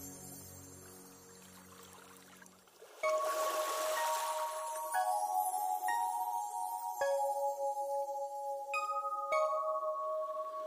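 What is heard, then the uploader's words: Soft low tones fade out, then at three seconds bright ringing bell-like notes enter with a hiss of water, new chimes striking every second or two. Meditation Music with soft water sounds.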